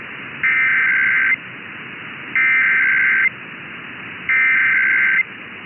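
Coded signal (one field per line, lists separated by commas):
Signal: Emergency Alert System (SAME) tones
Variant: header bursts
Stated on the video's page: Recorded Tennessee required monthly EAS tests.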